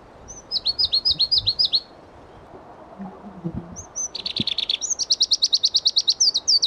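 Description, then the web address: Pallas's leaf warbler song: a quick run of high falling notes, a short break, then a long rattling trill changing into higher clear repeated notes. Listvyanka, 25 June 2012. "June 25 2012 Phproregulus Listvyanka"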